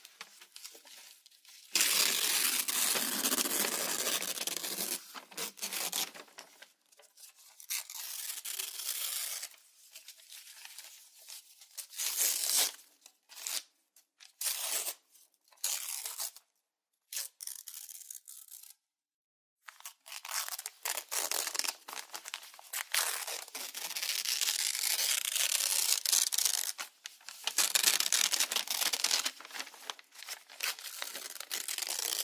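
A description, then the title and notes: Paper is torn in a run of bursts, some long ripping strokes lasting several seconds and others short quick tears, separated by brief silences. The sound is dry and crackly, with some crinkling between tears. Tearing Paper.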